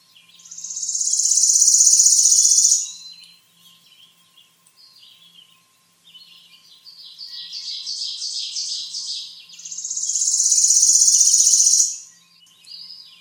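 Bird singing a loud, high buzzy trill of about two seconds, a quieter stretch, a series of chirps, then the buzzy trill again.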